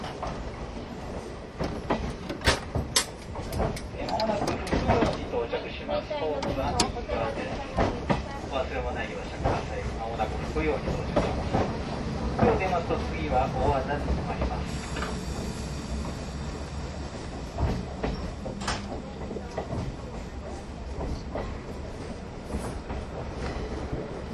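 Interior running sound of an old passenger coach train, with steady low rumble, frequent sharp rail-joint clacks, and faint voices at times.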